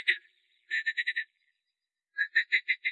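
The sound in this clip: Lake frog giving rattling croaks: a short burst, then two trains of five quick nasal pulses separated by a pause.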